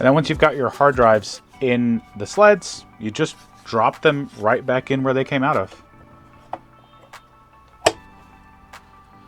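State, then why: Seated. Someone talks, then a hard drive mounted in a plastic sled is pushed back into its bay in a UGREEN NAS enclosure, with a few faint knocks before it latches with a sharp, positive click at 7.9 s. The drive sled is seated in the NAS bay.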